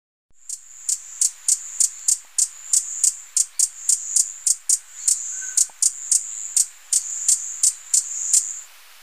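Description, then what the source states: Speckled hummingbird call: a series of thin, very high, sharp notes repeated about three times a second for about eight seconds. Recorded in Ecuador.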